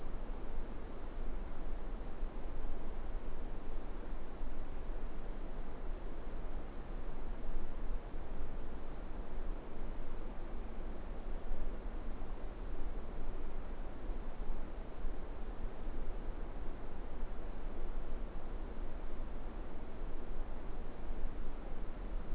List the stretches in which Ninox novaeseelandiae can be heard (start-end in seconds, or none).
none